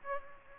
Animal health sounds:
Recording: mosquito wingbeat signal from an infrared sensor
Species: Aedes aegypti

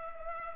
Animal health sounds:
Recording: mosquito wingbeat signal from an infrared sensor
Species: Culex pipiens

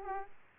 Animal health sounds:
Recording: mosquito wingbeat signal from an infrared sensor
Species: Aedes aegypti

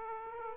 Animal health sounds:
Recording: mosquito wingbeat signal from an infrared sensor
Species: Aedes aegypti

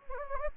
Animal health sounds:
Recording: mosquito wingbeat signal from an infrared sensor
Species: Anopheles gambiae

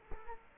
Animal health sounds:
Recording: mosquito wingbeat signal from an infrared sensor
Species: Culex quinquefasciatus

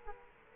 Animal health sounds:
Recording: mosquito wingbeat signal from an infrared sensor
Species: Culex quinquefasciatus

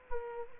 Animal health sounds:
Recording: mosquito wingbeat signal from an infrared sensor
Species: Culex quinquefasciatus

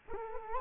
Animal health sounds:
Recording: mosquito wingbeat signal from an infrared sensor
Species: Culex quinquefasciatus

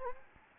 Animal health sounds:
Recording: mosquito wingbeat signal from an infrared sensor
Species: Anopheles gambiae

